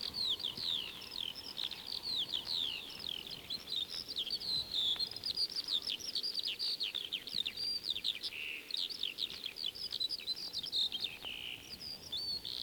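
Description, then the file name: Eurasian skylark song, a continuous rapid stream of high trills, chirps and slurred whistles without pause, over a faint steady background hiss. Song, 1937. "skylark-song-disc-3-side-a-more-songs-of-wild-birds"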